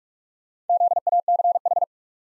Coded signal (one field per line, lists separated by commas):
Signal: Morse code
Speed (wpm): 46 wpm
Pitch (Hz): 700 Hz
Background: none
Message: ZACH